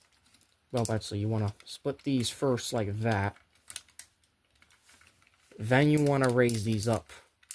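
Someone talks while handling the plastic leg sections of a transforming robot figure, a Transformers MP-36 Megatron KO (Infinite Transformation), splitting the legs and then raising the leg sections up. Brief plastic handling ticks are heard around 3.7–4.0 s and again near the end at 7.5 s. Nothing has clicked into position yet.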